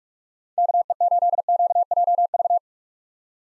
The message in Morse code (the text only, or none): KE8QJV